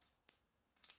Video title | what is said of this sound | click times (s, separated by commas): Cabinet hinges made simple. Blum and Salice | So it goes back in, clicks in place like that. | 0.9 s